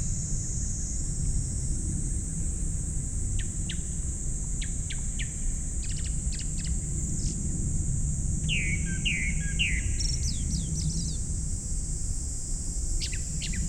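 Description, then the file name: Japanese thrush delivering a brief phrase of rich, descending whistles after scattered sharp clicks, with a high insect drone running through. Recorded 19 July 2015, 19:19. "kurotugumi"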